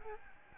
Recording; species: mosquito wingbeat signal from an infrared sensor; Aedes albopictus